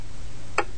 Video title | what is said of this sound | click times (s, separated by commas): Honda Accord Crankshaft Pulley Bolt Tightening Tool-Homemade | a couple times I had to reset the ratchet to bring it back here until I heard it click now I had it | 0.6 s